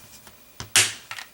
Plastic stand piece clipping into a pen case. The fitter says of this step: You can hear the click.